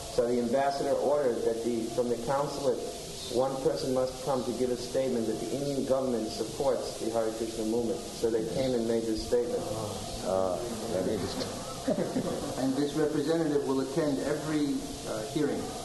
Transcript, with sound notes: So the Ambassador ordered that from the Consulate one person must come to give a statement that "The Indian government supports the Hare Kṛṣṇa movement." So they came and made this statement.
Oh, that is... [laughs]
And this representative will attend every hearing.